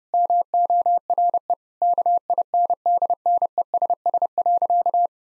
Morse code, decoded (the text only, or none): MORE KINDNESS.